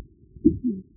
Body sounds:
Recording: neck accelerometer signal played as sound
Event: voluntary cough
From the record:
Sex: female

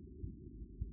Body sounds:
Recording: neck accelerometer signal played as sound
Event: no cough (speech, laughter, throat clearing or background)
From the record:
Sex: male

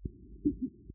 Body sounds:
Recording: neck accelerometer signal played as sound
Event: voluntary cough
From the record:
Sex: female

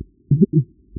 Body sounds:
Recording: neck accelerometer signal played as sound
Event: voluntary cough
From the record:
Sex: female

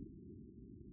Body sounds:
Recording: neck accelerometer signal played as sound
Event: no cough (speech, laughter, throat clearing or background)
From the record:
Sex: male

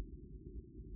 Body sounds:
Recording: neck accelerometer signal played as sound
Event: no cough (speech, laughter, throat clearing or background)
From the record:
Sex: female

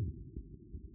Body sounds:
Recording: neck accelerometer signal played as sound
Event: no cough (speech, laughter, throat clearing or background)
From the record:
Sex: male

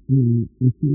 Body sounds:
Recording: neck accelerometer signal played as sound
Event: no cough (speech, laughter, throat clearing or background)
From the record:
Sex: male

